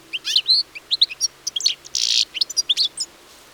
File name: Carduelis carduelis